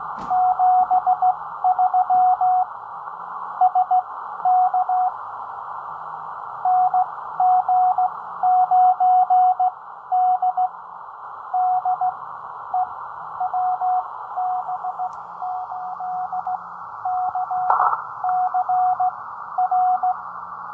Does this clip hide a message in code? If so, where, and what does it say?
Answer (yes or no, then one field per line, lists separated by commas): yes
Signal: Morse code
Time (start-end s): 0.3-20.1 s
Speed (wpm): 15 wpm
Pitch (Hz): 740 Hz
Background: radio noise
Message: 73 SK NG9D DE WB8CCR